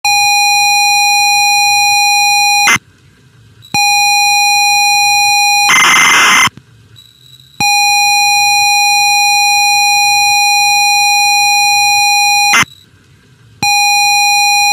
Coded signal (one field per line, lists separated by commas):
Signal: ZX Spectrum tape loading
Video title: ZX Spectrum - Wild West Hero